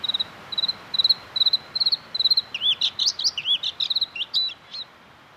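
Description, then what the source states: Bluethroat song opening with repeated high metallic notes, then breaking into a fast jumble of varied twittering, sliding phrases. Lapland's provincial bird, typical of mountain birch woods and forest Lapland; presented to show its singing skills.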